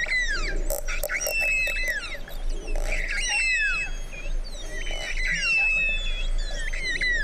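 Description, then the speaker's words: Long-finned pilot whale whistles: many overlapping rising and falling whistles throughout, mixed with rapid click bursts over a low rumbling background. Pilot whale of the Mediterranean; recording played to listeners. "Avez-vous déjà entendu le son d'un globicéphale de Méditerranée"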